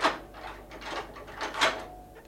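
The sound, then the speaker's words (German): A heavy tower door is unlocked with keys and pulled open: a series of scraping, clunking metallic rattles, about four distinct bursts in quick succession, moderately loud, with no voices. “Diese Schlüssel verlachen die Vorsicht der Hölle.”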